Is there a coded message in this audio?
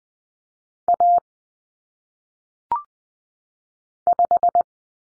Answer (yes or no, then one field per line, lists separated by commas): yes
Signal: Morse code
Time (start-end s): 0.9-4.6 s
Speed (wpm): 20 wpm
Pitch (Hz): 700 Hz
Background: none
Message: A 5